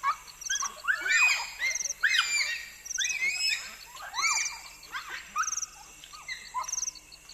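Bonobo calls: bursts of high, arching squeaky hoots from several animals, about once a second.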